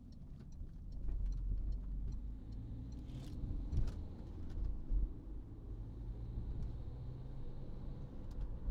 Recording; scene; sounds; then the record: everyday scene through a hearing-aid microphone; in a vehicle; engine, highway driving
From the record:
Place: Berlingo II, diesel engine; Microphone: in the ear canal, right